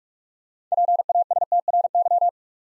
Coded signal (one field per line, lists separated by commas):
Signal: Morse code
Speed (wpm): 44 wpm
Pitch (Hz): 700 Hz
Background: none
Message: PASTRY